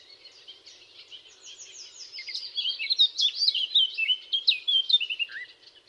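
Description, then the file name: Eurasian blackcap singing a long hurried warble, soft and twittery at first, then louder and richer with quick slurred notes, ending on a low downslurred note. "Sylvia atricapilla"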